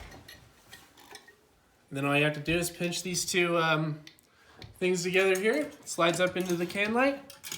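Someone pinches the two torsion-spring arms of an LED retrofit light together and slides the fixture up toward a recessed can light housing, with faint handling taps and rustles between stretches of someone talking. Nothing has seated or clicked yet; the clip ends just before the light goes home in the can.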